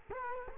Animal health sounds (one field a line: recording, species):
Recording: mosquito wingbeat signal from an infrared sensor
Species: Culex quinquefasciatus